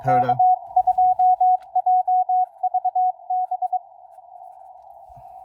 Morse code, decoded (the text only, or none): K2JVB